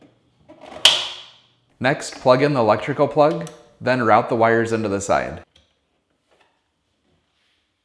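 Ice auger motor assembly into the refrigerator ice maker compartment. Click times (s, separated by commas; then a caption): 0.9 s. A plastic ice auger motor assembly, part DA97-12540G / DA97-12540K, is pushed to the rear of a Samsung refrigerator's ice maker compartment until its locking tab snaps into place, with a sharp snap at 0.8 s. Someone then talks, and the motor is seated.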